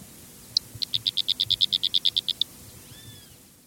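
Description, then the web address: Fork-tailed flycatcher calling: one sharp high note, then a brisk, even string of many clipped ticks, followed by a faint slurred whistle. Eastern Lowlands of South America. "Natures Songs S America Eastern Lowlands. Fork-tailed Flycatcher"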